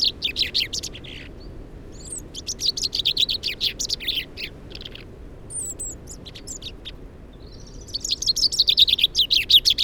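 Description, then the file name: Repeated common chaffinch song phrases, fast high series of notes, with thin high whistled notes in the gaps. "Fringilla coelebs"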